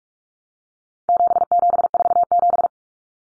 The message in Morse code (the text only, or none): 7747